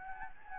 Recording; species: mosquito wingbeat signal from an infrared sensor; Anopheles gambiae